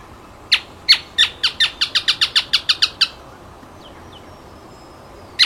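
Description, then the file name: Canebrake groundcreeper singing one accelerating trill of clipped, high-pitched notes lasting about two and a half seconds, then a pause and the start of another. "Canto do cisqueiro"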